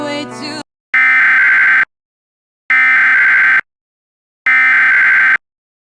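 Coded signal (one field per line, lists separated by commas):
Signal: Emergency Alert System (SAME) tones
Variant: header bursts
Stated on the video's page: Recreation of a DIRECTV Emergency Alert System test.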